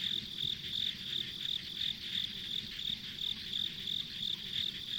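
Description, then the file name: Insects chirping in rapid high pulses, near three per second, with gentle low background sound. Insects recorded as ambient sound on a country road. "田舎道の虫の環境音"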